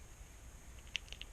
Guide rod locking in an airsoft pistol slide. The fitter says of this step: locks into place